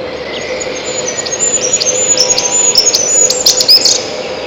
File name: пеночка печальная